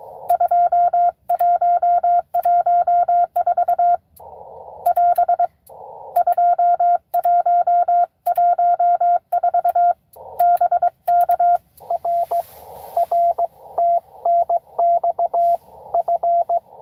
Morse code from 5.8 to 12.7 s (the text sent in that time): 2114 BK R